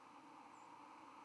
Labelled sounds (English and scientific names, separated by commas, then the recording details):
White-throated Sparrow (Zonotrichia albicollis) flight call
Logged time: 05:11 on 31 October 2014